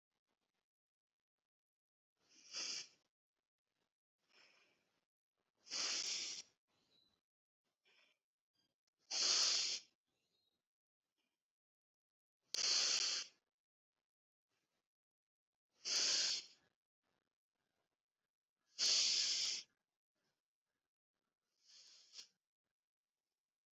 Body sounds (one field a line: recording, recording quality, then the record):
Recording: deep breathing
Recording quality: excellent, no background noise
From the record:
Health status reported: COVID-19 positive, mild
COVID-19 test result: positive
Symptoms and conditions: cough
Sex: female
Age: 54 years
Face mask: not worn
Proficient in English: yes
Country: India